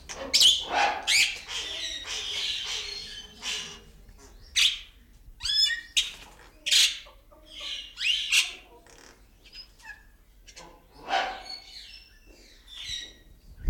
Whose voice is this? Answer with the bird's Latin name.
Dacelo novaeguineae